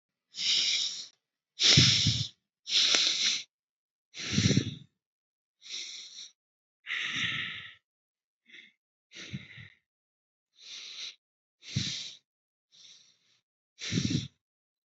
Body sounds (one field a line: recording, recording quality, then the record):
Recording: deep breathing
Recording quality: excellent, no background noise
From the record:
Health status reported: healthy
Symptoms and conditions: diabetes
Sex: male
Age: 50 years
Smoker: yes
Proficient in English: yes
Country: India